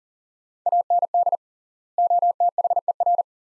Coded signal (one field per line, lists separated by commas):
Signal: Morse code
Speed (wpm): 37 wpm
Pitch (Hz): 700 Hz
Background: none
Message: AND OTHER